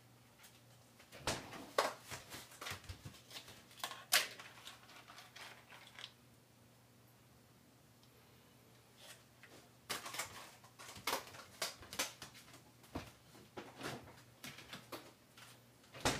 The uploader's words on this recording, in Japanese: 環境音 かつおのたたきらーめん。